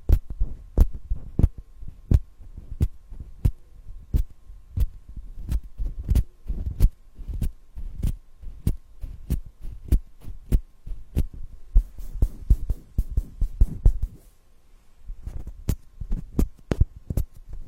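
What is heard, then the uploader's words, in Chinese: Hand massage with repeated soft slapping or patting strokes at a fairly steady pace, briefly pausing near fourteen seconds, over a faint low hum. 手部按摩（声控助眠）。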